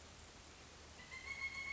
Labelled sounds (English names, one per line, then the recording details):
Pileated Woodpecker
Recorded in Sonoma County, California